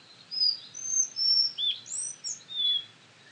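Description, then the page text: Collared flycatcher song, a short phrase of thin, high whistles and squeaky slurred notes, each pitched differently, delivered in quick succession over a faint hiss. "Jelmer Poelstra - Мухоловка-белошейка (Ficedula albicollis)"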